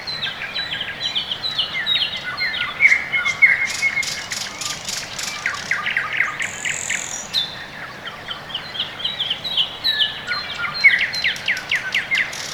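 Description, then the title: Mixed birdsong, short whistled phrases and rapid clicking series from several birds, with a brief high drawn-out note in the middle. Quiet early morning in the Orekhovo-Borisovo Severnoye district, Moscow, Russia; recorded with a Sony ECM-MS2 into a Marantz PMD-661, processed with iZotope RX2 equalisation and gain. "район Орехово-Борисово Северное, Москва, Россия - Morning birds"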